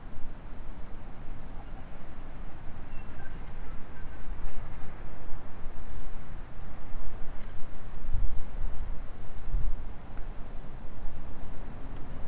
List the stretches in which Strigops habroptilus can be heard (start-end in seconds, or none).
none